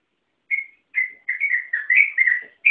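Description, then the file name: Yellow-vented bulbul song: a run of rapid, bubbling whistled phrases, slurred up and down, following one another almost without pause. Local song style named ropel panjang. "suara burung trucukan ropel panjang"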